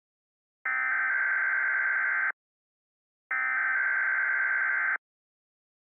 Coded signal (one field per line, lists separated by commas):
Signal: Emergency Alert System (SAME) tones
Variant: header bursts